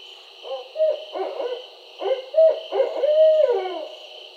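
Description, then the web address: Barred owl hooting: two bursts of rhythmic, gruff hoots, the second closing with a drawn-out hoot that slides downward, over a steady high insect drone. Recorded 4 October 2011. "Barred Owl 2011 10 04"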